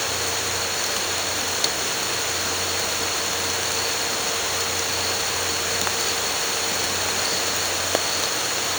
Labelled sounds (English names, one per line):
none